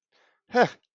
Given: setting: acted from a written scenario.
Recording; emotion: vocal sound without words; pride